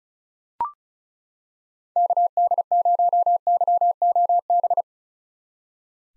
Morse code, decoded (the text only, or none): KD0YOB